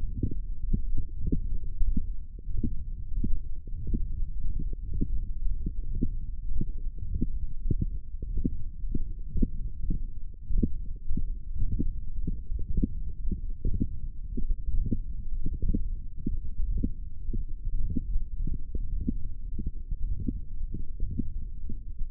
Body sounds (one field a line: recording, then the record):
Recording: forearm muscle sounds (acoustic myography)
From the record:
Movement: wrist extension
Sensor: system 1, eight BSWA MPA416 microphones around the upper forearm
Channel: 5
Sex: male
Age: 23 years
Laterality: right